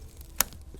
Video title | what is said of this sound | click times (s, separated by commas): Dell PowerEdge R210 ii Server Memory Overview & Upgrade Tips - How to Configure & Install System | So you want to hear this click right here. | 0.4 s